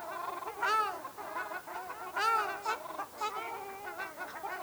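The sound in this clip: Ruddy shelduck calls: loud nasal honks with rising-falling tone, two strong calls standing out among softer ones.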